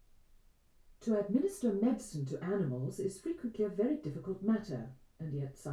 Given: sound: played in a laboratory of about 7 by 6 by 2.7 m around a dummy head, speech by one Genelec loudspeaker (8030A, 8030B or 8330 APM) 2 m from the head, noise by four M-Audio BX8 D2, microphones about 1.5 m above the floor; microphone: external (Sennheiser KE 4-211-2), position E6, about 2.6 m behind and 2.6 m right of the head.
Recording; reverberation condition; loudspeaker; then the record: female speech in English; low; 150 degrees to the right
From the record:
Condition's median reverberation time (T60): about 310 ms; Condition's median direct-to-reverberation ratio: about 3.5 dB